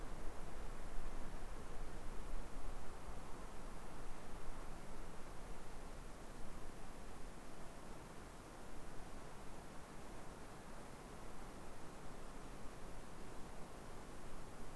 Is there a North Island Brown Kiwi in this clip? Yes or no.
no